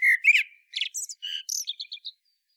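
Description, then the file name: Common blackbird phrase, a brief fluty note followed by a string of high, scratchy chirps. "Turdus merula"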